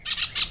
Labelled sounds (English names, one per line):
Brown-throated Parakeet contact call